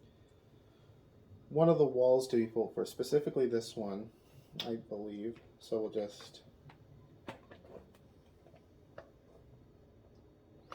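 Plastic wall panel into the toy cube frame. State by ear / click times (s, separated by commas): not seated / none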